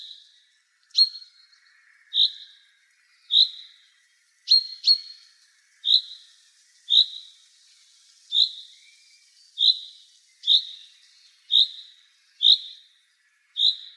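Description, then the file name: Common chaffinch calling: a steady series of sharp, high 'pink' notes repeated about once a second, with one quick double note, over faint background. "Pinson des arbres Cri dappel"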